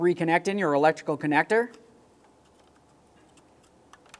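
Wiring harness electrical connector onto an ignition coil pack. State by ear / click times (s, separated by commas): seated / 4.1 s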